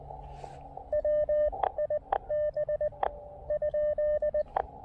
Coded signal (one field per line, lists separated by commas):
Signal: Morse code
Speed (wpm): 18 wpm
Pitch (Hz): 590 Hz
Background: radio noise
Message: WIB ?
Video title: Saturday Morning POTA Activation 1: Pairing the KX2 and AX1 at South Mountains State Park